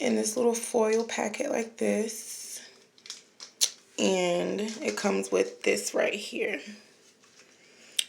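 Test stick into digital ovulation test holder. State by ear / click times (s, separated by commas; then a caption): seated / 8.0 s. Someone talks while a plastic test stick from a foil packet is pushed into a Clearblue Digital ovulation test holder. A single sharp, loud, very short click at 8.0 s marks the stick seating in the holder.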